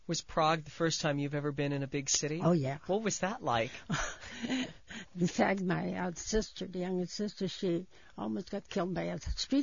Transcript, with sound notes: Was Prague the first time you've ever been in a big city?
Oh, yeah.
What was that like?
( she laughs ) In fact, my other sister, the youngest sister, she almost got killed by a streetcar.